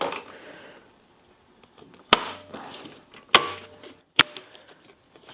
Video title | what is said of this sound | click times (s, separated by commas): Reviving a Legend - The Ultimate Suzuki LTZ400 Restoration Project! | I guess they just snap in place like that | 2.1 s, 3.4 s, 4.2 s